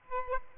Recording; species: mosquito wingbeat signal from an infrared sensor; Aedes aegypti